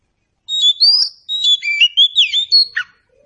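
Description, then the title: Oriental magpie-robin song: one rapid, loud phrase of varied sharp whistles and twittering notes. Indonesian title says it is meant to make magpie-robins sing in reply. "Nyaut Kacer"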